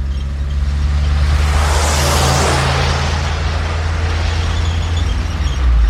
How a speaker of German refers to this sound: Ein Auto kommt uns entgegen. Seltsam in dieser einsamen Gegend.